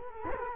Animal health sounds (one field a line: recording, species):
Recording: mosquito wingbeat signal from an infrared sensor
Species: Culex quinquefasciatus